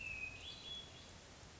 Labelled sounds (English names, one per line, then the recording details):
Hermit Thrush
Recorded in Sonoma County, California